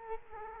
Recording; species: mosquito wingbeat signal from an infrared sensor; Culex quinquefasciatus